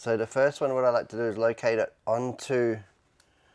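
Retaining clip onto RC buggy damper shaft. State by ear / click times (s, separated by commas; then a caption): seated / 3.2 s. Someone talks while fitting a small metal E-clip retaining clip onto the plastic-bushed damper shaft of a Tamiya 1/10 BBX electric 2WD off-road RC buggy, pressing it down on paper. A brief, faint click is heard at 3.2 s as the clip snaps into its groove and seats on the shaft.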